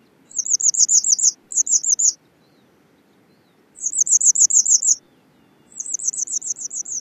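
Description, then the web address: Yellow wagtail: high, thin chirping phrases about a second long, given in four bursts separated by short pauses, over a faint low background rumble. North America. "Songs of Birds of North America Stokes. Yellow Wagtail"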